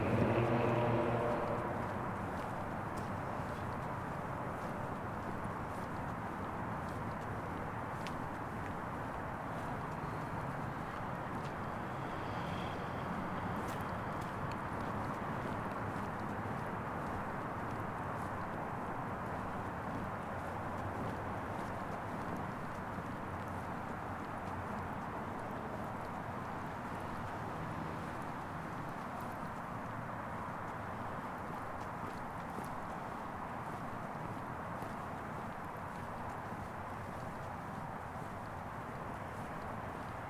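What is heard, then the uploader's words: An evening walk near a hotel, with traffic and a water fountain making a steady, dense wash that barely changes, a deep rumble beneath it. A brief louder burst with tonal bits opens the first two seconds, and faint taps surface around the middle. A slightly different walk thought the area around my hotel in San Antonio. Same neighborhood, slightly different path through the buildings along 410. For this walk I recorded on an F6 via the line-out of a an H5 and it’s stereo X/Y capsule. Slightly more handling noise because of the cable into my bag.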